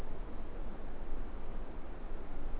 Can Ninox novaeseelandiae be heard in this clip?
no